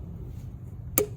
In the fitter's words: hear a click,